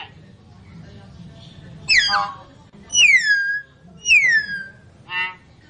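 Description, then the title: Lovebird calls: a harsh screech, two shrill whistles sliding downward, then a short buzzy note. Lovebird calls used as a lure to attract birds. "PIKAT BURUNG LOVEBIRD"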